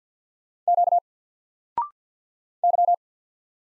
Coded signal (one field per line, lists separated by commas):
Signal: Morse code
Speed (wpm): 50 wpm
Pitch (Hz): 700 Hz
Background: none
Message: Q Y